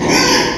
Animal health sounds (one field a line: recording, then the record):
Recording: squeal of a Yucatan mini pig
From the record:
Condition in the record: before surgery on the right vocal fold (resection and tissue-engineered implant)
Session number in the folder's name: 1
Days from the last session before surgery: -3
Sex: male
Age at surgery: 12 weeks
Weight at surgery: 13 kg